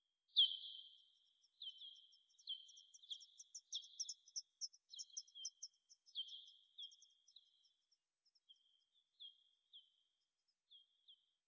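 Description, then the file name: Bat calls, a quick run of short downward-sweeping chirps repeated at irregular intervals, with fainter higher chirps layered above, no other sounds. Bat movement in the Rayol Gondwana garden. "Rayol Gondwana Mouvementde Chauve Souris Mercier Glotin"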